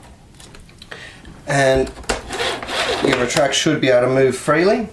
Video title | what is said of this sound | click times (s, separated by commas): My Miele S5311 Is Making An Awful Sound - How Do I Change The Motor? A Step By Step Guide | you'll feel it and hear it lock into into the tabs | 0.8 s, 0.9 s